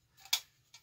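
A metal piece is pressed into a wood stove being built from a one-gallon paint can. A soft scrape is followed by a sharp metallic tick at 0.3 s and a fainter tick at 0.7 s. The part snaps in and seats in place.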